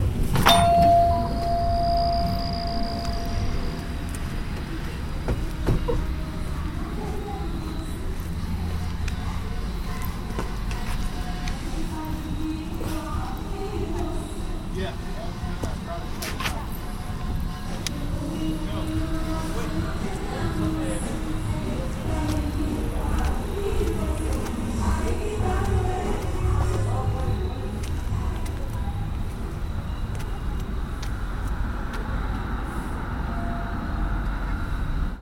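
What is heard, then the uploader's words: Inside a corner store, a steady low rumble of traffic or machinery fills the room while murmured voices come and go. A short beep sounds at the very start, and scattered clicks and knocks recur throughout at a fairly even level. Field Recording with Marantz PMD620 III. The 7 - 11 Corner Store In Arlington Virginia.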